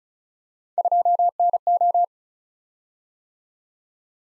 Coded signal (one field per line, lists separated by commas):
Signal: Morse code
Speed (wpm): 35 wpm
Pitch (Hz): 700 Hz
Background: none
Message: 2NO